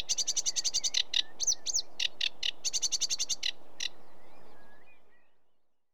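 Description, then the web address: Sedge warbler song: rapid runs of dry, scratchy chattering notes with a few sweeter whistled phrases, stopping after about four seconds. "BBC Sound Effects Library. Sedge Warbler"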